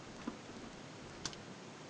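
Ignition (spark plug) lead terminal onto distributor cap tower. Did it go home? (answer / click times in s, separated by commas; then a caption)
yes / 1.3 s. A new ignition (spark plug) lead terminal is pushed onto its distributor cap tower on a Rover V8 ignition system. It gives a sharp click at 1.3 s and a fainter one just after at 1.3 s over a steady low background hiss. The connector seats.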